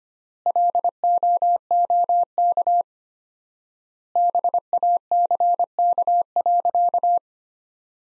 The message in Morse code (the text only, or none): LOOK BACK.